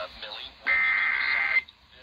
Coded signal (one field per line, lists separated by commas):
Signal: Emergency Alert System (SAME) tones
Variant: header bursts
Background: speech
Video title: EAS #334-349: EAS Alert Compilation for Week of 9/13/21